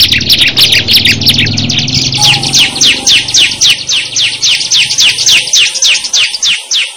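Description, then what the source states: Bar-winged Prinia song: a rapid series of many sharp, high, repeated chirps, over faint low background noise at the start. Simulated ciblek singing contest (lomba), from omkicau.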